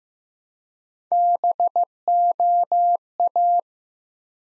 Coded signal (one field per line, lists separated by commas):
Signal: Morse code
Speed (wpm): 15 wpm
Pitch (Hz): 700 Hz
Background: none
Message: BOA